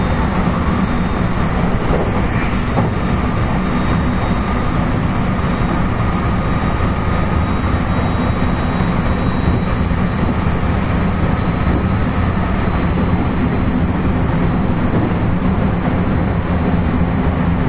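A JR West 223 series electric train is running, with a steady, dense rumble weighted toward the low end throughout. A faint, even whine rides above it at a constant pitch, and a few light clicks surface around the second to third seconds.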